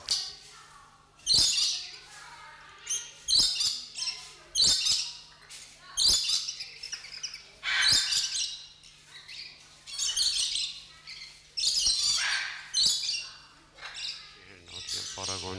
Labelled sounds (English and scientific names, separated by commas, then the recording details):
Coconut Lorikeet (Trichoglossus haematodus)
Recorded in captivity
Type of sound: song, call, call sequence, twittering
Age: adult
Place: Zoo Berlin, Berlin, DE
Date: 1994-01-08
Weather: wolkig bis sonnig, 6 °C
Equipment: Marantz CP 430, Sennheiser MKH 416 T, Kopie Uher Variocord 263
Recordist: Tembrock, Günter
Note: Helle Lautfolgen (Pfleger im Gehege)